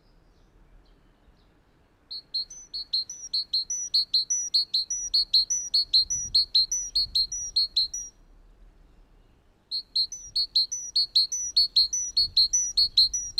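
A great tit gives two long bursts of fast, evenly repeated high chirps, pausing briefly between them, over a faint low rumble.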